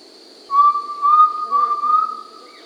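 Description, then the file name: Undulated Tinamou call: a clear, low whistle of three or four notes run together, with a steady high hum behind. Peru, Amazon region. "Undulated Tinamou (Crypturellus undulatus), Peru"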